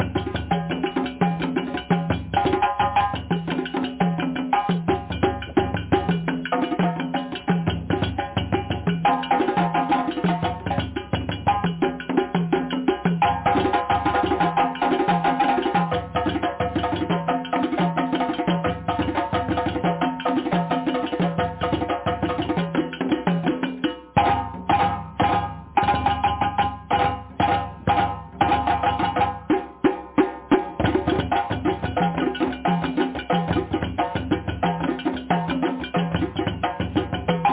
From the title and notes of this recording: Drumming rising.